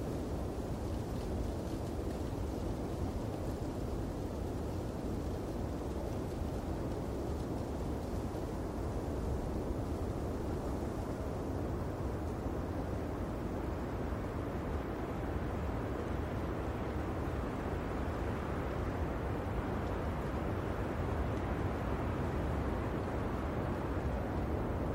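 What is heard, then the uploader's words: Strong winter wind roars steadily, a thick, deep rumble that never lets up over the whole stretch. In the first half a brighter rustling hiss rides on top, like branches thrashing, then it thins and the low blustery roar dominates. Strong Winter Wind. Blustery winds, the rustling of trees.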